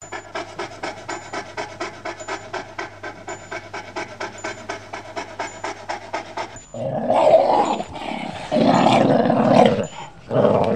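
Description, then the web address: Dog barking and growling in harsh bursts during the last four seconds, preceded by a steady run of rapid, regular pulsing with a low hum. "Hund"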